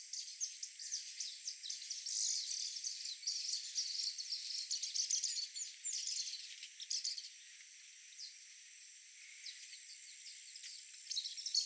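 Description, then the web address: House martin twittering song, busy scratchy chirps for about seven seconds, then fading to scattered notes over a steady, thin high whine. "cantos martinpio"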